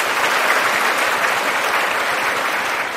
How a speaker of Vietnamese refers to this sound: Và để động viên cho Phật tử, xin quý vị hãy cho một tràng pháo tay thật lớn nữa.